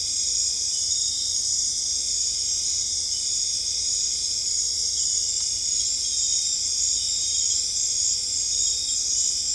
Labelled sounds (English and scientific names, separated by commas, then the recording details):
none
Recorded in dense forest near Puerto Asís, Putumayo, Colombia, on 26 December 2024 at 20:30
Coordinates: 0.485, -76.318
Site GP03